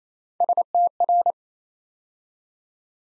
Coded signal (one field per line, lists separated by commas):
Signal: Morse code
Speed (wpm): 27 wpm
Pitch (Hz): 700 Hz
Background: none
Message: STR